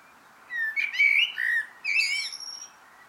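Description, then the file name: Eurasian blackbird delivering loud mellow whistled notes that rise and fall, run into scratchy high twittering, then pause before a second fluty phrase. "Turdus merula"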